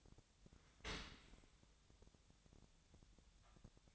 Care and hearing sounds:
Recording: daily activity, microphone in the room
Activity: open dishwasher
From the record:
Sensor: 3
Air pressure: 1000.5 hPa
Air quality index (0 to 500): 175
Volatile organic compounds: 3 ppm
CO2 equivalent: 1515 ppm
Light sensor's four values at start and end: 14/36/14/16 and 14/36/14/16

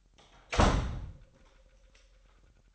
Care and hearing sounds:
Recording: daily activity, microphone in the room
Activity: close door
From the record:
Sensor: 3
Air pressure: 998.3 hPa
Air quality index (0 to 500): 144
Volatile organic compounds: 5 ppm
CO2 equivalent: 1728 ppm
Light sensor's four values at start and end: 15/45/18/17 and 15/45/18/17

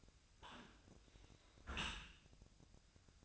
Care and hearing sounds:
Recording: daily activity, microphone in the room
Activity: close dishwasher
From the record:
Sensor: 2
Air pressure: 1003.0 hPa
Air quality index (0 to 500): 199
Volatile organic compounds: 6 ppm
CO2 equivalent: 1890 ppm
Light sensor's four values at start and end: 16/38/16/18 and 16/38/16/17

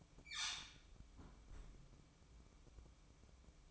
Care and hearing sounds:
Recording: daily activity, microphone in the room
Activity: close fridge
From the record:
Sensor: 1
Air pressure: 1007.9 hPa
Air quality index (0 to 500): 99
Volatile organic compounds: 1 ppm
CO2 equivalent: 844 ppm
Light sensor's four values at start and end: 13/31/13/14 and 13/31/13/14

